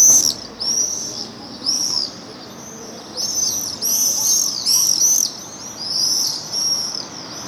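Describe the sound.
Swift screams, piercing shrieks about half a second long, repeated roughly every second, with quiet gaps between bursts.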